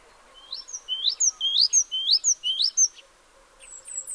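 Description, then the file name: Great tit calls, a quick series of sharp upswept chirps over a few seconds, then faint high notes at the end. "Parus major"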